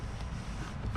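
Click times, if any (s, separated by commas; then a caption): none. A plastic cabin air filter cover is handled as it is pushed back toward its HVAC filter housing behind the glove box of a 2007-2011 Honda CR-V. There is a steady low rumbling handling noise, with a short louder bump at the very end. Nothing has seated or clicked yet.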